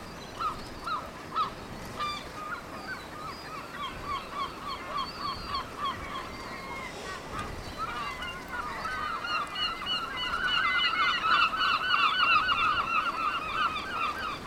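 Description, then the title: Seabirds calling in a dense colony chorus, many overlapping nasal, bent cries, sparse at first and swelling into a louder continuous clamour after about ten seconds, over wind rumble. Windy day, 5 June 2009, Cap Fréhel; seabird colony on two islets east of the cape, calling continuously; mono recording. "Oiseaux marins au Cap Fréhel"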